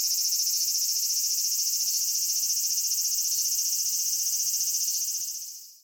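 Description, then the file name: Large brown cicada song, a loud continuous sizzling drone pulsing rapidly and evenly, fading out at the end. "aburazemi cry"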